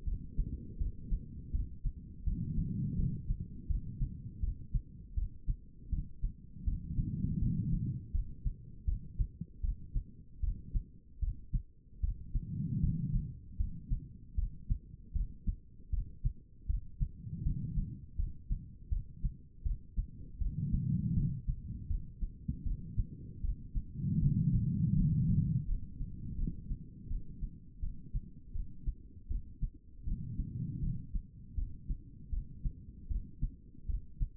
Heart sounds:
heart sounds by stethoscope; 80 bpm
0.05 s: heartbeat
0.79 s: heartbeat
1.52 s: heartbeat
2.25 s: heartbeat
2.97 s: heartbeat
3.68 s: heartbeat
4.41 s: heartbeat
5.15 s: heartbeat
5.91 s: heartbeat
6.65 s: heartbeat
7.40 s: heartbeat
8.13 s: heartbeat
8.86 s: heartbeat
9.62 s: heartbeat
10.41 s: heartbeat
11.21 s: heartbeat
12.01 s: heartbeat
12.81 s: heartbeat
13.58 s: heartbeat
14.36 s: heartbeat
15.14 s: heartbeat
15.91 s: heartbeat
16.67 s: heartbeat
17.44 s: heartbeat
18.17 s: heartbeat
18.90 s: heartbeat
19.64 s: heartbeat
20.39 s: heartbeat
21.14 s: heartbeat
21.88 s: heartbeat
22.64 s: heartbeat
23.42 s: heartbeat
24.20 s: heartbeat
24.95 s: heartbeat
25.66 s: heartbeat
26.37 s: heartbeat
27.09 s: heartbeat
27.81 s: heartbeat
28.53 s: heartbeat
29.29 s: heartbeat
30.05 s: heartbeat
30.81 s: heartbeat
31.56 s: heartbeat
32.31 s: heartbeat
33.09 s: heartbeat
33.87 s: heartbeat
From the record:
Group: healthy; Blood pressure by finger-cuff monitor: 117/75 mmHg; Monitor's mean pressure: 92 mmHg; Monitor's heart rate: 80 bpm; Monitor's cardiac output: 5 L/min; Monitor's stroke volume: 63 mL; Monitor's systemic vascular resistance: 1340 dyn s/cm5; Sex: female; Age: 51 years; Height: 162 cm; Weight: 70.04 kg

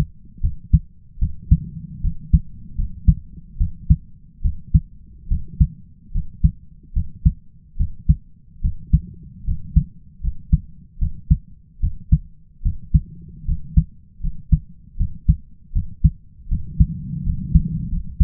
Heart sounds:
heart sounds by stethoscope; 76 bpm
0.40 s: heartbeat
1.18 s: heartbeat
2.01 s: heartbeat
2.75 s: heartbeat
3.57 s: heartbeat
4.41 s: heartbeat
5.28 s: heartbeat
6.11 s: heartbeat
6.93 s: heartbeat
7.77 s: heartbeat
8.61 s: heartbeat
9.44 s: heartbeat
10.21 s: heartbeat
10.98 s: heartbeat
11.80 s: heartbeat
12.62 s: heartbeat
13.45 s: heartbeat
14.20 s: heartbeat
14.97 s: heartbeat
15.72 s: heartbeat
16.48 s: heartbeat
17.23 s: heartbeat
17.89 s: heartbeat
From the record:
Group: healthy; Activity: rest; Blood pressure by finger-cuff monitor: 110/69 mmHg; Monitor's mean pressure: 79 mmHg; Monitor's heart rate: 74 bpm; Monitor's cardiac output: 5.2 L/min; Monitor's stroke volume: 69 mL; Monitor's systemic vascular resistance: 1110 dyn s/cm5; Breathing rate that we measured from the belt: 16 breaths a minute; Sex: male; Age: 20 years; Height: 167 cm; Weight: 61 kg

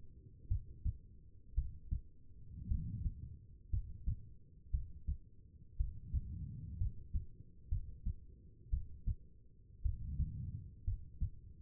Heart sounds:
heart sounds by stethoscope; 58 bpm
0.48 s: heartbeat
1.55 s: heartbeat
2.68 s: heartbeat
3.70 s: heartbeat
4.71 s: heartbeat
5.77 s: heartbeat
6.78 s: heartbeat
7.69 s: heartbeat
8.70 s: heartbeat
9.82 s: heartbeat
10.84 s: heartbeat
From the record:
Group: healthy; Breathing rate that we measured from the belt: 16 breaths a minute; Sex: female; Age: 36 years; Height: 163 cm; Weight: 88 kg

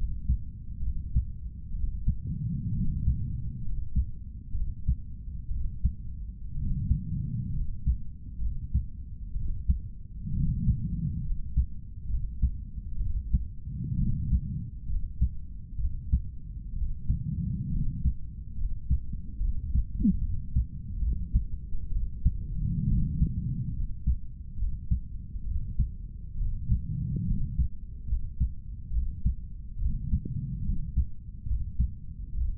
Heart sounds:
heart sounds by stethoscope; 67 bpm
0.84 s: heartbeat
1.76 s: heartbeat
2.76 s: heartbeat
3.65 s: heartbeat
4.56 s: heartbeat
5.52 s: heartbeat
6.58 s: heartbeat
7.56 s: heartbeat
8.43 s: heartbeat
9.37 s: heartbeat
10.36 s: heartbeat
11.27 s: heartbeat
12.11 s: heartbeat
13.02 s: heartbeat
14.00 s: heartbeat
14.91 s: heartbeat
15.81 s: heartbeat
16.77 s: heartbeat
17.74 s: heartbeat
18.59 s: heartbeat
19.43 s: heartbeat
20.24 s: heartbeat
21.03 s: heartbeat
21.94 s: heartbeat
22.90 s: heartbeat
23.77 s: heartbeat
24.60 s: heartbeat
25.48 s: heartbeat
26.40 s: heartbeat
27.29 s: heartbeat
28.10 s: heartbeat
28.94 s: heartbeat
29.81 s: heartbeat
30.67 s: heartbeat
31.49 s: heartbeat
32.37 s: heartbeat
From the record:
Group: healthy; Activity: rest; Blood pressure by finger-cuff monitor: 138/77 mmHg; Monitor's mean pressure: 95 mmHg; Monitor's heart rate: 68 bpm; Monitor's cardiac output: 8.4 L/min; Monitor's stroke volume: 127 mL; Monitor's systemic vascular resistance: 830 dyn s/cm5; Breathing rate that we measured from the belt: 17 breaths a minute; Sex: male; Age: 30 years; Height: 188 cm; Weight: 110.2 kg

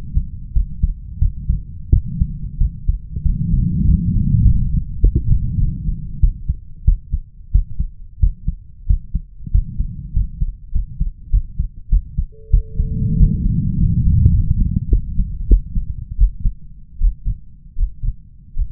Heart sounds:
heart sounds by stethoscope; 93 bpm
0.52 s: heartbeat
1.18 s: heartbeat
1.89 s: heartbeat
2.57 s: heartbeat
3.22 s: heartbeat
3.84 s: heartbeat
4.41 s: heartbeat
5.00 s: heartbeat
5.58 s: heartbeat
6.20 s: heartbeat
6.84 s: heartbeat
7.51 s: heartbeat
8.19 s: heartbeat
8.86 s: heartbeat
9.51 s: heartbeat
10.12 s: heartbeat
10.71 s: heartbeat
11.30 s: heartbeat
11.89 s: heartbeat
12.50 s: heartbeat
13.16 s: heartbeat
13.76 s: heartbeat
14.30 s: heartbeat
14.88 s: heartbeat
15.46 s: heartbeat
16.16 s: heartbeat
16.98 s: heartbeat
17.75 s: heartbeat
18.54 s: heartbeat
From the record:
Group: healthy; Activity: rest 0-12 s, breath hold 12-19 s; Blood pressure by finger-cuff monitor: 117/84 mmHg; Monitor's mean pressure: 95 mmHg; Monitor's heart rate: 94 bpm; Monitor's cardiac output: 6.6 L/min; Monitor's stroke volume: 68 mL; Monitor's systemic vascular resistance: 1030 dyn s/cm5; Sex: male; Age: 21 years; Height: 180 cm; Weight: 67.5 kg

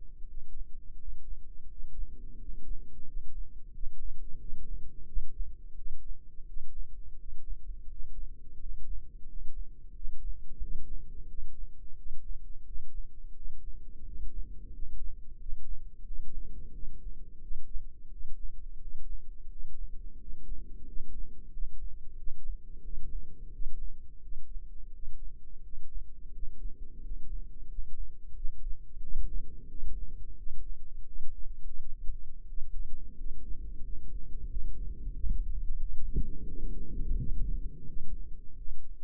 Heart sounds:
heart sounds by microphone in the left ear; 88 bpm
0.25 s: heartbeat
0.96 s: heartbeat
1.66 s: heartbeat
2.36 s: heartbeat
3.03 s: heartbeat
3.70 s: heartbeat
4.37 s: heartbeat
5.04 s: heartbeat
5.74 s: heartbeat
6.44 s: heartbeat
7.15 s: heartbeat
7.86 s: heartbeat
8.56 s: heartbeat
9.24 s: heartbeat
9.92 s: heartbeat
10.59 s: heartbeat
11.26 s: heartbeat
11.94 s: heartbeat
12.63 s: heartbeat
13.32 s: heartbeat
14.02 s: heartbeat
14.69 s: heartbeat
15.36 s: heartbeat
16.03 s: heartbeat
16.71 s: heartbeat
17.39 s: heartbeat
18.08 s: heartbeat
18.78 s: heartbeat
19.47 s: heartbeat
20.16 s: heartbeat
20.83 s: heartbeat
21.49 s: heartbeat
22.15 s: heartbeat
22.81 s: heartbeat
23.50 s: heartbeat
24.20 s: heartbeat
24.90 s: heartbeat
25.60 s: heartbeat
26.30 s: heartbeat
26.98 s: heartbeat
27.66 s: heartbeat
28.32 s: heartbeat
28.99 s: heartbeat
29.67 s: heartbeat
30.34 s: heartbeat
31.03 s: heartbeat
31.74 s: heartbeat
32.44 s: heartbeat
33.13 s: heartbeat
33.80 s: heartbeat
34.46 s: heartbeat
35.12 s: heartbeat
35.76 s: heartbeat
36.43 s: heartbeat
37.15 s: heartbeat
37.84 s: heartbeat
38.54 s: heartbeat
From the record:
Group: healthy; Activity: rest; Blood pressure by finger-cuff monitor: 118/80 mmHg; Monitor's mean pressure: 91 mmHg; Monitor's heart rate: 88 bpm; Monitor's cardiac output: 7.1 L/min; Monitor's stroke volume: 81 mL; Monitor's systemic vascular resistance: 940 dyn s/cm5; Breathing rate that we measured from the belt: 10 breaths a minute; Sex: male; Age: 33 years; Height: 179 cm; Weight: 80.4 kg

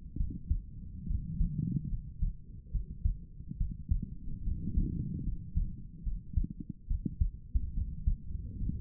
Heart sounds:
heart sounds by stethoscope; 71 bpm
0.18 s: heartbeat
1.08 s: heartbeat
1.90 s: heartbeat
2.72 s: heartbeat
3.58 s: heartbeat
4.45 s: heartbeat
5.25 s: heartbeat
6.04 s: heartbeat
6.88 s: heartbeat
7.75 s: heartbeat
8.59 s: heartbeat
From the record:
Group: healthy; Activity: cold pressor test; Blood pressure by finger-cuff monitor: 108/47 mmHg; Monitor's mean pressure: 66 mmHg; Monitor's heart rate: 70 bpm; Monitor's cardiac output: 8 L/min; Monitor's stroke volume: 111 mL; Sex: female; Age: 22 years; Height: 160 cm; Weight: 63 kg

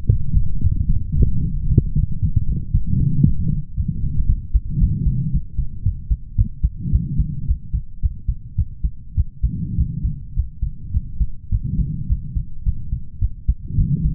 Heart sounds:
heart sounds by stethoscope; 110 bpm
0.09 s: heartbeat
0.62 s: heartbeat
1.16 s: heartbeat
1.68 s: heartbeat
2.20 s: heartbeat
2.72 s: heartbeat
3.24 s: heartbeat
3.75 s: heartbeat
4.27 s: heartbeat
4.79 s: heartbeat
5.31 s: heartbeat
5.83 s: heartbeat
6.36 s: heartbeat
6.91 s: heartbeat
7.46 s: heartbeat
8.01 s: heartbeat
8.56 s: heartbeat
9.15 s: heartbeat
9.76 s: heartbeat
10.34 s: heartbeat
10.92 s: heartbeat
11.50 s: heartbeat
12.07 s: heartbeat
12.63 s: heartbeat
13.19 s: heartbeat
13.76 s: heartbeat
From the record:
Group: healthy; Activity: rest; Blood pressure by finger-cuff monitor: 114/75 mmHg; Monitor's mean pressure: 86 mmHg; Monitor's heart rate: 110 bpm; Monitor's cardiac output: 8.2 L/min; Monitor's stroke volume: 73 mL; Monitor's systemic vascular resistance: 770 dyn s/cm5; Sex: male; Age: 20 years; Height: 187 cm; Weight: 68.9 kg

